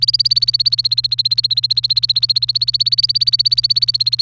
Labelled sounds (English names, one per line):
Domestic Canary song